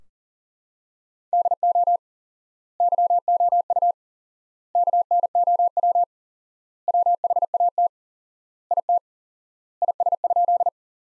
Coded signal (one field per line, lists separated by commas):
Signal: Morse code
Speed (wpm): 40 wpm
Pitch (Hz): 700 Hz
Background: none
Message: DO YOU KNOW WHAT IT IS?